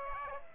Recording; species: mosquito wingbeat signal from an infrared sensor; Aedes aegypti